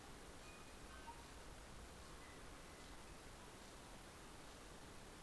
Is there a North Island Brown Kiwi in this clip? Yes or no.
no